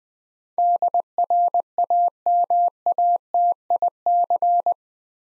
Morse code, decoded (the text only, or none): DRAMATIC